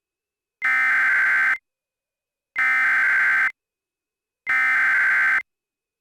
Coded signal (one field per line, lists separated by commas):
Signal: Emergency Alert System (SAME) tones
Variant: header bursts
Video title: EAS Mock #10.2: The Great Lake Erie Earthquake Part 2